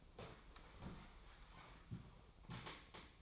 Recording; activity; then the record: daily activity, microphone in the room; sit down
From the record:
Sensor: 1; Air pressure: 1005.1 hPa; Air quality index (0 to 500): 124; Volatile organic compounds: 5 ppm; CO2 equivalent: 1732 ppm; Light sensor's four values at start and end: 11/26/10/11 and 11/27/11/12